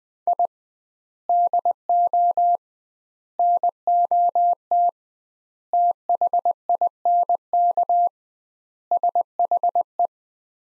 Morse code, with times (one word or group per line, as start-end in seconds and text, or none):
0.3-0.5 I
1.3-2.6 DO
3.4-4.9 NOT
5.7-8.1 THINK
8.9-10.1 SHE